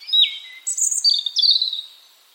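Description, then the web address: European robin singing one short phrase: a falling note, then a sustained very high whistle, then tinkling notes dropping lower, against a quiet background. "Deverinetal 2025 File origin Bird Only Er Ru"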